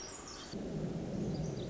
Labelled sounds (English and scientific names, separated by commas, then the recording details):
Pacific Wren (Troglodytes pacificus)
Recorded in Sonoma County, California